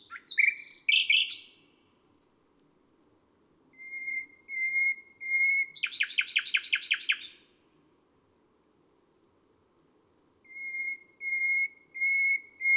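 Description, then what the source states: Nightingale singing: a jumbled burst of notes, soft whistles that grow louder, a rapid rattling trill, then another row of slow piping whistles. Recorded on a May night.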